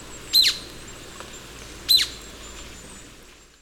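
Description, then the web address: Golden-crowned flycatcher calling, two shrill squeaky notes about one and a half seconds apart against a quiet background. Recorded in Ecuador. "Natures Songs S America Birds of Ecuador Golden-Crowned Flycatcher"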